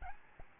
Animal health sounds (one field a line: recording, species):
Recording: mosquito wingbeat signal from an infrared sensor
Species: Aedes albopictus